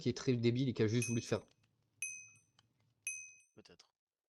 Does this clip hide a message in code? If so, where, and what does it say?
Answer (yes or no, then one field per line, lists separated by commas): no